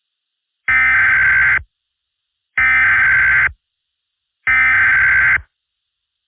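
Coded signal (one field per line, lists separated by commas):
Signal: Emergency Alert System (SAME) tones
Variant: header bursts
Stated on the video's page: Fictional EAS scenario, a Halloween special.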